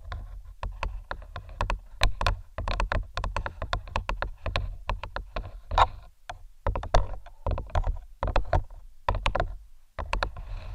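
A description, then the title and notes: Head-mic triggers: rapid, crisp tapping and clicking bursts over a steady low rumble, with short pauses around three, eight and ten seconds. ASMR Unique Head Mic Triggers（No Talking）.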